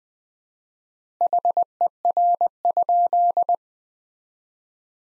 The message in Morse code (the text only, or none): HER?